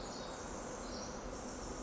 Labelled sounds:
Pacific Wren
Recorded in Sonoma County, California

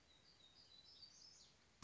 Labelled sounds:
Black-throated Gray Warbler
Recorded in Sonoma County, California

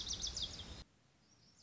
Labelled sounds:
Lazuli Bunting
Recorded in Sonoma County, California

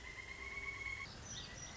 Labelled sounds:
Pileated Woodpecker
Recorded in Sonoma County, California

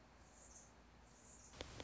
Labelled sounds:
Anna's Hummingbird
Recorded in Sonoma County, California

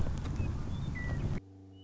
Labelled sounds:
Western Meadowlark
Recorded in Sonoma County, California

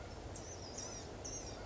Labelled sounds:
Blue-gray Gnatcatcher
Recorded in Sonoma County, California

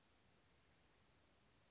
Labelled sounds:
Western Flycatcher
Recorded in Sonoma County, California

